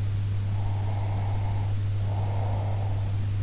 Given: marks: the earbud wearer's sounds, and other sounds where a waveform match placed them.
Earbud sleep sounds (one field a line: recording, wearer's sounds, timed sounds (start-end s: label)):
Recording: sounds in sleep by an in-ear microphone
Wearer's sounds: breath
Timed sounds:
0.46-3.11 s: breath